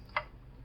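A power cable plug with an L-shaped notch is lined up with an optical drive's power connector and pushed straight back in. One sharp tick at 0.2 s marks it seating home, with no talk in the clip.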